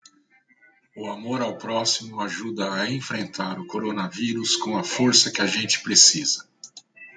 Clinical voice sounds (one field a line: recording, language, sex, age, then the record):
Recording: spoken sentence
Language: Brazilian Portuguese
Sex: male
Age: 60 to 69 years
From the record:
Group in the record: control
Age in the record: 60 years